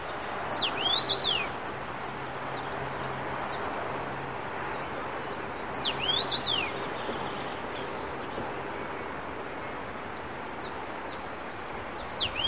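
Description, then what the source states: Common rosefinch song: short whistled phrases of rising and falling slurred notes, given three times several seconds apart over steady low background noise. Recorded 25 June 2017.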